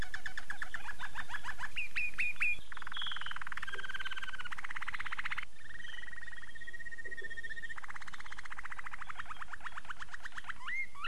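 Domestic canary song: rapid trills of repeated notes, switching between buzzy rolls, sweeping whistles and a steady flat tour.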